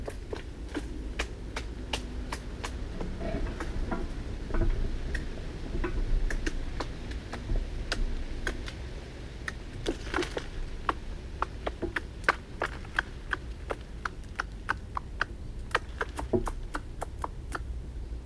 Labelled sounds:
Eurasian Red Squirrel call

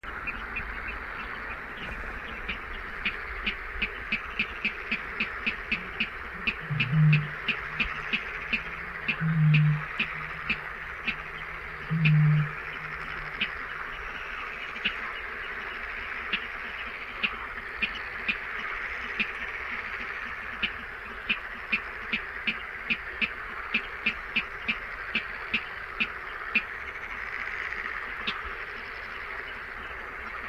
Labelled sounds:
Water Rail

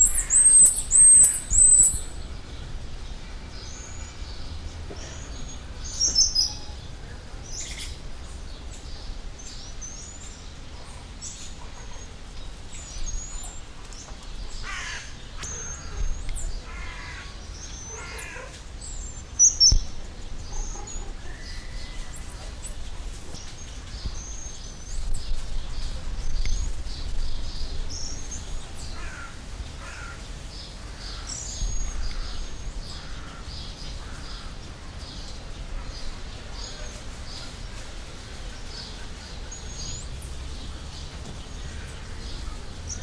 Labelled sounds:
Black-mantled Tamarin

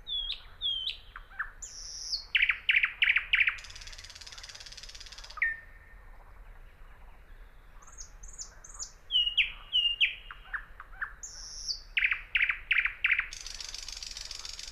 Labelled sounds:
Thrush Nightingale song

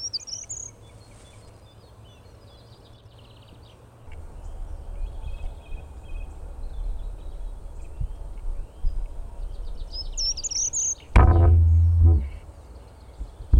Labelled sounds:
Short-toed Treecreeper song

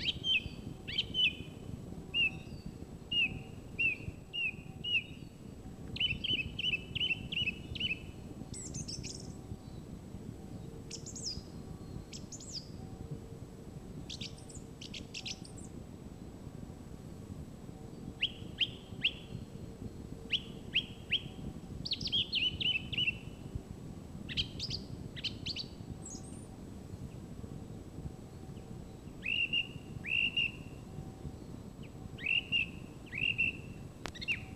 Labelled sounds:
Song Thrush song

